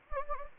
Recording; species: mosquito wingbeat signal from an infrared sensor; Anopheles gambiae